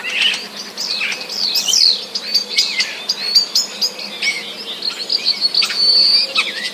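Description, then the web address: Common starling song, a varied run of chirps, slurred whistles and clicks, continuous and lively. Starlings singing; song contains borrowings from sparrow sounds. "wroblowe zapozyczenia szpaki"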